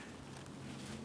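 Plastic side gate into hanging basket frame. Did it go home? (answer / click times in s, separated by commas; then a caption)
no / none. A plastic side gate is handled against the frame of an easy-fill hanging basket, being pushed into place to hold the planted violas. Only a steady low hum with soft broadband noise is heard, with no sharp transients. Nothing has seated or clicked yet; the gate is not yet home.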